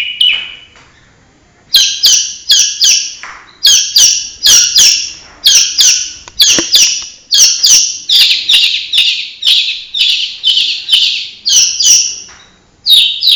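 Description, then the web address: Long-tailed shrike giving a fast series of harsh, chattering notes, with sharp clicks between phrases. Banyuwangi; tutor recording (masteran) for training birds, full 'isian' song style. "audio cendet-banyuwangi-full-isian. masteran cendet"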